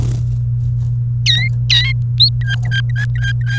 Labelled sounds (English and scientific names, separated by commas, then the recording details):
Domestic Canary (Serinus canaria) song
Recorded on 29 April 2018 at 12:50
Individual llb3